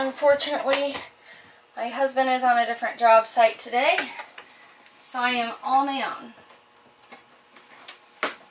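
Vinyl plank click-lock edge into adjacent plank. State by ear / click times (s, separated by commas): seated / 8.2 s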